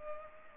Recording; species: mosquito wingbeat signal from an infrared sensor; Culex pipiens